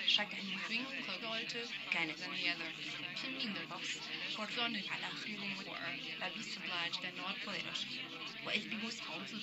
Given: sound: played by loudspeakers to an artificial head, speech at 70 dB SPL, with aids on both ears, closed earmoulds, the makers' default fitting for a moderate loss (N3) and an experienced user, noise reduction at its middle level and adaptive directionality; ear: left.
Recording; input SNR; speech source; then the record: speech test signal (ISTS) in cocktail-party noise; +3 dB; in front (0 degrees)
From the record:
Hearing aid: class 1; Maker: D